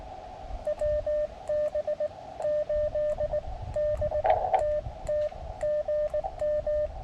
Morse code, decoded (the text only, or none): WB8DTT GM